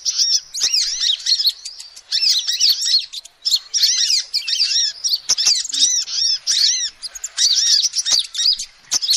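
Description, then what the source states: Lovebirds giving rapid shrill squeaks and twitters in clustered bursts separated by short gaps, with clicking sounds. Used as a lure call to trap lovebirds.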